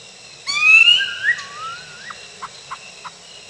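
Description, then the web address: Bird call: a loud, rising whistled note rich in overtones, then a softer wavering whistle, followed by four short, soft evenly spaced notes over steady background hiss. North American bird. "Peterson North American Birds"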